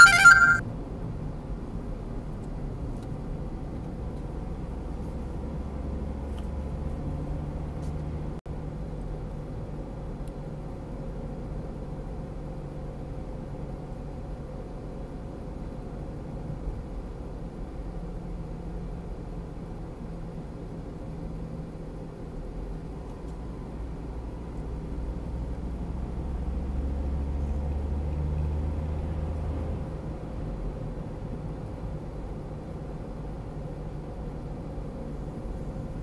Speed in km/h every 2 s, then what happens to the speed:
63, 55, 50, 53, 55, 54, 52, 50, 49, 46, 46, 42, 45, 52, 56, 56, 54, 53.
0-3 brakes to 50. 3-9 steady at about 53. 9-22 slows to 42. 22-28 speeds up to 56. 28-36 steady at about 54.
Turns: none.